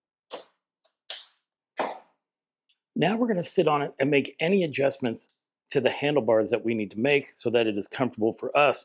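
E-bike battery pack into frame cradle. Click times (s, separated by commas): 1.1 s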